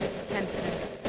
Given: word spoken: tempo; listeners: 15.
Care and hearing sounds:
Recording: one English word in noise, from a listening test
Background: noise modulated by three-talker babble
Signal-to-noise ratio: -4.5 dB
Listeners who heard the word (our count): 0 of 15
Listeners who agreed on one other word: 11 of 15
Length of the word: 0.69 s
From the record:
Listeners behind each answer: 11, 1, 1, 1, 1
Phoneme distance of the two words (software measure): 10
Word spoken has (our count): 2 syllables, 5 phonemes, stress on syllable 1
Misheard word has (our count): 2 syllables, 5 phonemes, stress on syllable 1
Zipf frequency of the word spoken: 3.59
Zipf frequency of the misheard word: 3.79

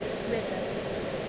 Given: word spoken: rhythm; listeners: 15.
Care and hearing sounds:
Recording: one English word in noise, from a listening test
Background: speech-shaped noise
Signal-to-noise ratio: -6.2 dB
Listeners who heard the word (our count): 3 of 15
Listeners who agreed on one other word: 9 of 15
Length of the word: 0.89 s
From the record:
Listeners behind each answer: 9, 3, 1, 1, 1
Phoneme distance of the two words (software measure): 17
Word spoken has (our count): 2 syllables, 5 phonemes, stress on syllable 1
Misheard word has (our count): 2 syllables, 4 phonemes, stress on syllable 1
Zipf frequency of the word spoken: 4.26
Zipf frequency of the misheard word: 4.93

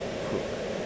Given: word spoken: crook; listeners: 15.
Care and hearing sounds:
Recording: one English word in noise, from a listening test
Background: speech-shaped noise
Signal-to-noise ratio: -4.2 dB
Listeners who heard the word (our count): 6 of 15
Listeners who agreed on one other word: 7 of 15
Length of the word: 0.46 s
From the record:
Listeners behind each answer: 7, 6, 2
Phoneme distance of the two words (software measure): 7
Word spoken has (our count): 1 syllable, 4 phonemes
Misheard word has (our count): 1 syllable, 3 phonemes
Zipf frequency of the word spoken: 3.43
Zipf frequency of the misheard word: 5.03

